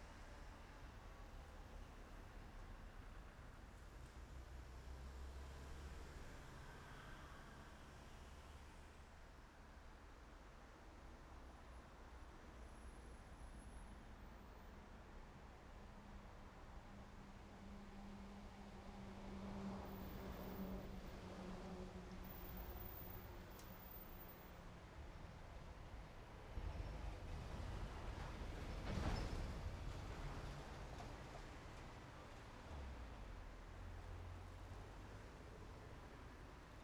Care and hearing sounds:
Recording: everyday scene through a hearing-aid microphone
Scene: in traffic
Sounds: traffic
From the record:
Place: main road on the outskirts, rush hour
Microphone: behind the ear, right, front

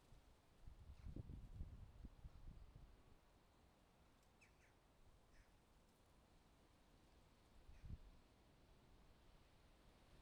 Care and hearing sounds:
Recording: everyday scene through a hearing-aid microphone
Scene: wind on the microphone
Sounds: wind, traffic, birds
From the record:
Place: suburban garden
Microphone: in the ear canal, left

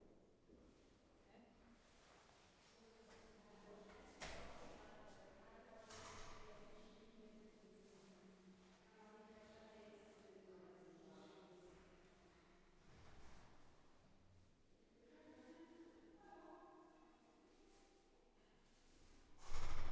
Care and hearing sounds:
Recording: everyday scene through a hearing-aid microphone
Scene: reverberant space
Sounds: speech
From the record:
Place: staircase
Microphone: behind the ear, right, front

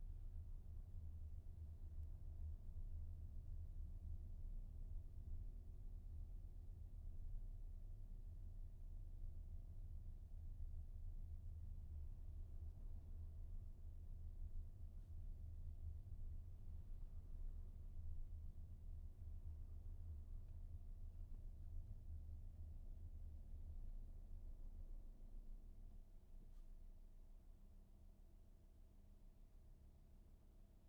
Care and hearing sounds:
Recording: everyday scene through a hearing-aid microphone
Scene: in a vehicle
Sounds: engine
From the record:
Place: VW T5 Caravelle, diesel engine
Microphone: behind the ear, right, front

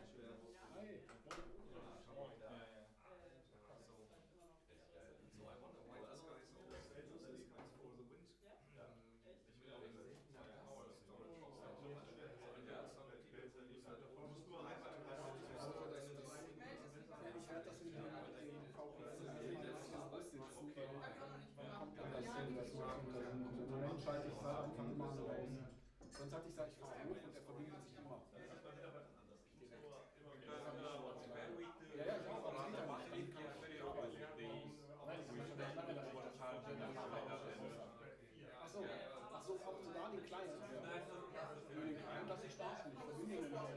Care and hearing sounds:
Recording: everyday scene through a hearing-aid microphone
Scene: many people talking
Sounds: many voices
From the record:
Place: bistro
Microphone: behind the ear, right, front

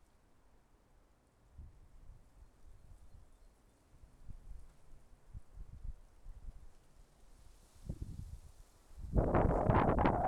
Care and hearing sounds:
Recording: everyday scene through a hearing-aid microphone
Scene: wind on the microphone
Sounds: wind, traffic, birds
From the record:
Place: suburban garden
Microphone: behind the ear, left, rear

